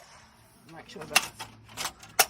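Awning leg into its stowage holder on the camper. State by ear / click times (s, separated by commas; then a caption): seated / 2.2 s. An awning leg on a camper is pushed up and slid into its stowage holder while someone talks. A sharp click at 2.2 s confirms the leg clip has clicked in and the leg is seated.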